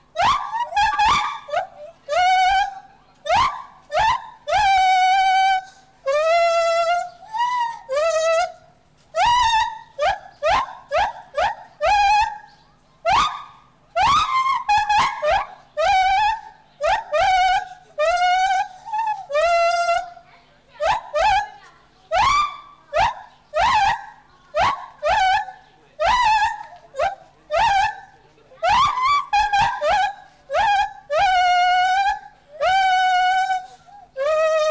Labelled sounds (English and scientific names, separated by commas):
Lar Gibbon (Hylobates lar)